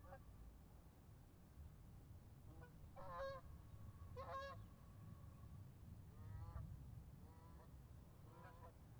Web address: GDC 2018-Game Audio Bundle Discover Oregon - American Desert Birds Geese 2016 Steens Dawn Goose Flyby Pair